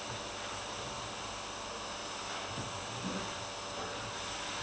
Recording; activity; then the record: daily activity, microphone in the room; vacuum cleaning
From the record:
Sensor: 2